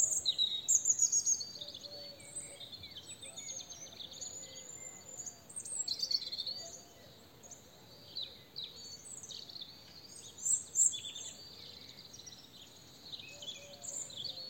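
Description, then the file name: European robin delivering a long run of high, tinkling, varied phrases, fast trills and thin whistles coming in bursts with brief pauses, over steady low background noise. "Erithacus rubecula"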